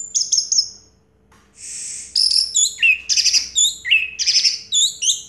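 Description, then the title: Orange-headed thrush song: quick high notes, a sustained hissy note, then lively varied warbling with downslurred whistles. Call used to prompt a silent orange-headed thrush to sing. "Anis Merah Macet.. Pancing Dengan Suara Ini.. # Anis Merah"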